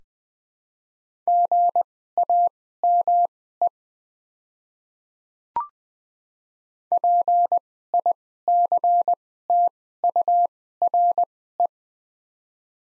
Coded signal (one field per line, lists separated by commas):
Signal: Morse code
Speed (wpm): 20 wpm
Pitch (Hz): 700 Hz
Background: none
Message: GAME PICTURE